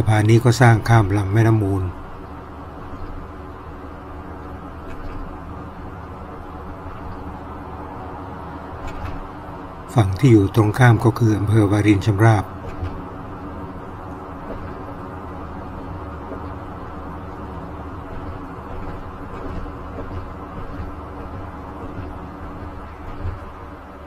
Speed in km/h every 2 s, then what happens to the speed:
51, 52, 53, 54, 54, 55, 58, 59, 59, 58, 58, 57.
0-13 speeds up to 59. 13-24 steady at about 58.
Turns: none.